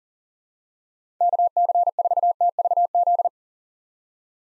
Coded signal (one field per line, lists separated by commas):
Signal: Morse code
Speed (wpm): 40 wpm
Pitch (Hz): 700 Hz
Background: none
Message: KC4TVZ